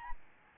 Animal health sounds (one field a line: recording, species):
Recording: mosquito wingbeat signal from an infrared sensor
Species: Aedes albopictus